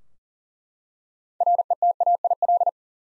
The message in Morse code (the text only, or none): RETAIL